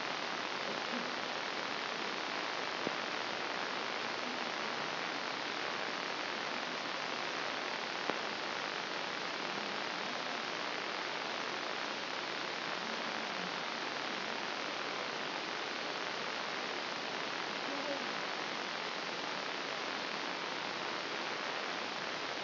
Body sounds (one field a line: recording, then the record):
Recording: brain microelectrode recording played as sound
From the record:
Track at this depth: outside the subthalamic nucleus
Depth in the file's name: 0.346 mm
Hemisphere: left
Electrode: 3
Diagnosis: Parkinson's disease